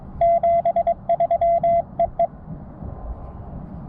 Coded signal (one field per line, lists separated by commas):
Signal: Morse code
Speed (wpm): 23 wpm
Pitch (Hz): 2050 Hz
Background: none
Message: 73 EE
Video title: CW Newbie's 1 year POTA Anniversary